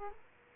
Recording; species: mosquito wingbeat signal from an infrared sensor; Aedes aegypti